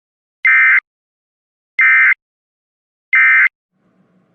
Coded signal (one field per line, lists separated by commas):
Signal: Emergency Alert System (SAME) tones